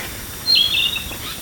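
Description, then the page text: Narcissus flycatcher song fragment: a short high whistled note dropping in pitch, followed by a brief lower phrase, over constant background hiss. "Desmond Allen - Японская мухоловка (Ficedula narcissina)"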